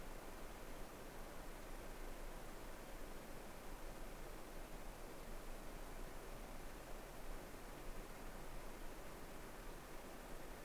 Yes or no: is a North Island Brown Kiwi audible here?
no